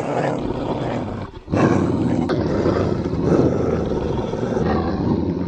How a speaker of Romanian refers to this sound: Iar când ieșea, o făcea de o manieră ceremonioasă, cu o escortă de 6 câini care îl înconjurau de aproape și mârâiau dacă cineva se apropia prea mult.